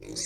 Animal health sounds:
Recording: pig call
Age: weaner (32 to 43 days)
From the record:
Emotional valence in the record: negative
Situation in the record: novel object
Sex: female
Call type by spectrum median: high-frequency call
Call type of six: mixed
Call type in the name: high-frequency modulated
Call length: 0.26 s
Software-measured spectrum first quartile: 1560 Hz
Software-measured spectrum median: 5046 Hz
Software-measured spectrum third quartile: 6486 Hz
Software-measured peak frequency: 5209 Hz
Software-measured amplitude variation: 168 dB a second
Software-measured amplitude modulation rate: 30.7 a second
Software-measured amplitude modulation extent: 5.5 dB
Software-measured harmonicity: 3.4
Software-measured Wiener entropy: -3.35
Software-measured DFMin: 1233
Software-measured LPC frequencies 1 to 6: 404, 2017, 3923, 4542, 5210, 5869 Hz

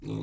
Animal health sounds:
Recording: pig call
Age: weaner (32 to 43 days)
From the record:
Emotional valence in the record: negative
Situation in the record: short isolation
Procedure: open field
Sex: female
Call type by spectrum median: low-frequency call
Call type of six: low-frequency stable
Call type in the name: low-frequency stable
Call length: 0.22 s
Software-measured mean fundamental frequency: 52 Hz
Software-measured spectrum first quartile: 177 Hz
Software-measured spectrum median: 313 Hz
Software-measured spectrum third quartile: 987 Hz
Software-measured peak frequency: 150 Hz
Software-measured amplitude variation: 109 dB a second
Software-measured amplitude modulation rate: 36.1 a second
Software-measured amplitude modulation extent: 3.0 dB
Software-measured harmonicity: 6.3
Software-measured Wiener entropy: -1.83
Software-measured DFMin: 1131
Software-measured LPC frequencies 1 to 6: 301, 943, 2459, 3628, 5936, 7775 Hz

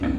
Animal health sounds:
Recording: pig call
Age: growing-finishing pig (85 days or more)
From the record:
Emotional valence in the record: negative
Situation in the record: barren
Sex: female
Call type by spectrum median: low-frequency call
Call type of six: low-frequency stable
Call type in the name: low-frequency stable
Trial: 1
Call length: 0.19 s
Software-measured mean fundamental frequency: 51 Hz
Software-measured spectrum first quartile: 165 Hz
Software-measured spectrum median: 276 Hz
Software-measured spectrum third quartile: 494 Hz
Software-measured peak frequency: 266 Hz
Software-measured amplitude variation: 118 dB a second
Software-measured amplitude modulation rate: 23.5 a second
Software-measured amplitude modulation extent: 5.0 dB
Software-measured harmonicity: 2.1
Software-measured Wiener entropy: -0.74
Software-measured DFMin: 698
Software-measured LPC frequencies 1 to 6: 304, 1704, 2336, 3259, 4444, 5478 Hz

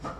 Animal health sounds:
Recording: pig call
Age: growing-finishing pig (85 days or more)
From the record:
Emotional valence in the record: positive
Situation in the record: run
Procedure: transit

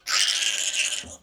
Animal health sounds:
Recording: pig call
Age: piglet (1 to 25 days)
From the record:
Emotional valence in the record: negative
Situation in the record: restrain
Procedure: back test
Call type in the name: high-frequency call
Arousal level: maximum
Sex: female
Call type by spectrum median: high-frequency call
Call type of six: high-frequency stable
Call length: 1.23 s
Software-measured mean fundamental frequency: 255 Hz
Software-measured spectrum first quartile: 2804 Hz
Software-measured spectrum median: 4343 Hz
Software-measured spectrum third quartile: 6312 Hz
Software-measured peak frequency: 3052 Hz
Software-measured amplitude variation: 188 dB a second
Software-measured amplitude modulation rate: 19.9 a second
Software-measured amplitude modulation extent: 9.4 dB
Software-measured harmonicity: 0.9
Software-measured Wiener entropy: -1.66

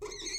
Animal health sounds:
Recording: pig call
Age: weaner (32 to 43 days)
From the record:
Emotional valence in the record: negative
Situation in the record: novel object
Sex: female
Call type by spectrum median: high-frequency call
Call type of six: high-frequency stable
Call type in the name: high-frequency stable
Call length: 0.39 s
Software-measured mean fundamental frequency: 349 Hz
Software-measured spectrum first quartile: 844 Hz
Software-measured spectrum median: 3447 Hz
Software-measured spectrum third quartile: 5161 Hz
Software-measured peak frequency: 4370 Hz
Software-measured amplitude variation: 147 dB a second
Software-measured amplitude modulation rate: 19.0 a second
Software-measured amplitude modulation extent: 7.7 dB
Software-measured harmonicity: 8.9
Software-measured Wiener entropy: -3.43

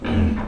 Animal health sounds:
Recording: pig call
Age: growing-finishing pig (85 days or more)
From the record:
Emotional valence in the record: negative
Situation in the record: barren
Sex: female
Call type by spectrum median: low-frequency call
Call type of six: low-frequency stable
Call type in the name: low-frequency stable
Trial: 1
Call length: 0.48 s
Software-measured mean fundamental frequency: 43 Hz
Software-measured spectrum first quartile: 99 Hz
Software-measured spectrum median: 213 Hz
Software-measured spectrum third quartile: 467 Hz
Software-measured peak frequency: 224 Hz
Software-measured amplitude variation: 125 dB a second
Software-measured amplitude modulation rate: 30.1 a second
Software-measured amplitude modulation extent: 4.2 dB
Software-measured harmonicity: -2.0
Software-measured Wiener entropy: -0.95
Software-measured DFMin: 887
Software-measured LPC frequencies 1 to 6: 1621, 2391, 2943, 3752, 5143, 6035 Hz

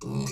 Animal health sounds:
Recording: pig call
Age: weaner (32 to 43 days)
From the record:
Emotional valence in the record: negative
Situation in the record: short isolation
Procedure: open field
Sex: female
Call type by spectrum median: low-frequency call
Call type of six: mixed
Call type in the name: high-frequency modulated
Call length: 0.32 s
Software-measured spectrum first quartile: 187 Hz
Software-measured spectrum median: 521 Hz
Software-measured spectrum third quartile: 4146 Hz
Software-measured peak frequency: 142 Hz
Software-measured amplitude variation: 86 dB a second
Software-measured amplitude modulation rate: 22.2 a second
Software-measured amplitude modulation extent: 3.9 dB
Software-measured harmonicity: 1.5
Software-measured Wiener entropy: -4.34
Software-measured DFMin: 728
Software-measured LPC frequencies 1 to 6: 239, 1047, 2516, 4327, 5035, 5911 Hz

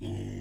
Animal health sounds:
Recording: pig call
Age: weaner (32 to 43 days)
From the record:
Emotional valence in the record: negative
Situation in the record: negative conditioning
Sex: female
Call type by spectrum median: low-frequency call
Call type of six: low-frequency stable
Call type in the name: low-frequency stable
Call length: 0.41 s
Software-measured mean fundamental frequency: 50 Hz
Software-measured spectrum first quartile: 104 Hz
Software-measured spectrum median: 219 Hz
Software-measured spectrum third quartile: 444 Hz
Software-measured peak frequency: 250 Hz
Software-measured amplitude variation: 103 dB a second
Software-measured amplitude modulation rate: 32.9 a second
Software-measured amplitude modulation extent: 3.1 dB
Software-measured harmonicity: -2.6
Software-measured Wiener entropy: -0.14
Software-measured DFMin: 975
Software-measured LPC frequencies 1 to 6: 275, 1998, 2880, 3271, 4827, 5633 Hz

